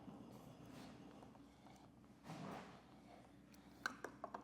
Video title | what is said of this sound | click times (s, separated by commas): etrailer - Installing the Yakima TimberLine Roof Rack on a 2025 Kia Telluride | All right, now we're going to go ahead and listen for our click. | 3.9 s